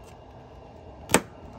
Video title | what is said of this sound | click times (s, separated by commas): TESLA AC Condenser Coil / Radiator Vacuum + Chemical Cleaning | and pop back into place you heard that what | 1.1 s